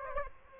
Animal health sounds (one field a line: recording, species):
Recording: mosquito wingbeat signal from an infrared sensor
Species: Aedes aegypti